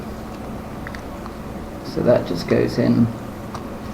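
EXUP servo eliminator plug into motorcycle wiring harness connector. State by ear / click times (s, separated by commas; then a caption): not seated / none. An EXUP servo eliminator plug is lined up with the wiring harness connector on an R6 motorcycle, where the servo used to be, before being pushed home. Faint handling ticks occur around 0.9, 1.3 and 3.6 seconds while someone talks, and the plug has not yet seated or clicked.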